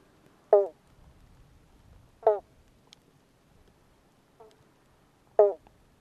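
Western banjo frog calls, three loud plucked twangs about every one and a half to three seconds, plus one fainter note, over quiet background hiss.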